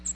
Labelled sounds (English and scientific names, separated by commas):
American Redstart (Setophaga ruticilla) flight call